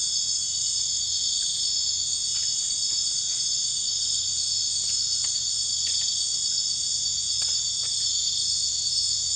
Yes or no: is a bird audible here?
no